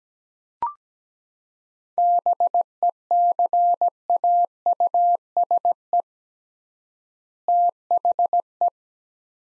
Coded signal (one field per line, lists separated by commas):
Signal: Morse code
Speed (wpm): 17 wpm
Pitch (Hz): 700 Hz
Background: none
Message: BECAUSE THE